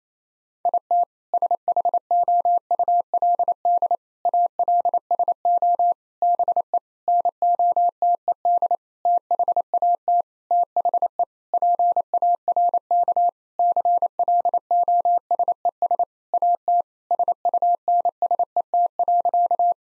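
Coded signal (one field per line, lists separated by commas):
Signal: Morse code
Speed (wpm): 27 wpm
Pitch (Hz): 700 Hz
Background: none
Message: IT SHOULD ALSO BE NOTED THAT THE PARK CLOSES AT SUNSET.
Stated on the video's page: Morse drill at 28 wpm: sentences with common seven-word phrases, first words spoken, sent, spoken, then sent again for head-copy.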